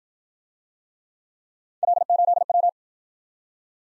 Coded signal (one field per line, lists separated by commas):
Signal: Morse code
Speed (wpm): 54 wpm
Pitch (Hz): 700 Hz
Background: none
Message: L8W